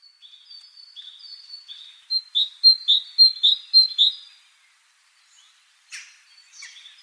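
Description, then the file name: Great tit calls: thin high notes, then a run of about eight loud chirps between two and four seconds, followed after a pause by two brief bursts. "Parus major"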